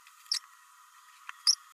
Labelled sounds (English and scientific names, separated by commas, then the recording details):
Green-rumped Parrotlet (Forpus passerinus) babbling
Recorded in a nest box in Venezuela
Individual 18B104A3